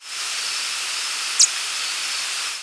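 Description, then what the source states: American redstart giving one very brief, high, thin flight note midway through, set against a constant loud hiss. Flight call given during nocturnal flight.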